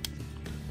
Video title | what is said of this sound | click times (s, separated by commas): 齒輪工廠 流浪武士 KO TFP 千斤頂 Gear factory WANDER WARRIOR KO TFP RID WHEELJACK 胡服騎射的非常規變形金剛分享時間 | 到这边把它给扣上去，这样抵进去。 | 0.0 s